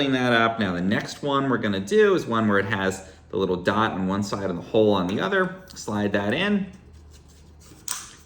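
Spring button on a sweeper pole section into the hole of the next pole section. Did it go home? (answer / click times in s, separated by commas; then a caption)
yes / 7.9 s. Someone talks while sliding a tubular Swiffer Sweeper pole section with a spring-loaded dot button into the next pole section. At 7.9 s a short, sharp click is heard as the button pops into the hole and snaps into place, seating the section.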